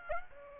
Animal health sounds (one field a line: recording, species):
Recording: mosquito wingbeat signal from an infrared sensor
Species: Aedes aegypti